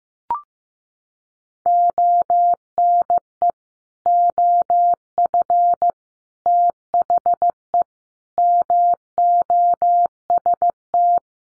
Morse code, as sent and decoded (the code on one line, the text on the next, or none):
--- -. . / --- ..-. / - .... . / -- --- ... -
ONE OF THE MOST